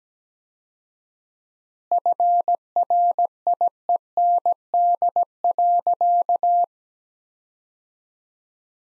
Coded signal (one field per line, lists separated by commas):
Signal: Morse code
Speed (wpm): 17 wpm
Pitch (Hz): 700 Hz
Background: none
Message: FRIEND.